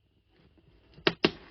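After a battery replacement, the inner speaker unit of a Toniebox children's audio box is slotted back into its fabric-covered outer shell and turned by hand. Faint rustling builds until the plastic twist lock clicks home at 1.1 s, followed by a second sharp click at 1.3 s. The housing is seated.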